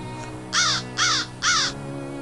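A crow gives three harsh, raspy caws in an even rhythm, each about a quarter second long, standing out loudly over a faint steady low hum with no talking.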